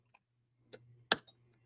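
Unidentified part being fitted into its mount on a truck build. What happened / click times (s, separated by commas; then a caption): The part snapped into its mount / 1.1 s. An unnamed part on a truck build is pushed into its mount after failing to line up, with faint ticks near 0.2 s and 0.7 s over a low steady hum. A loud, sharp snap at 1.1 s marks it seating in place, followed by a small tick just after.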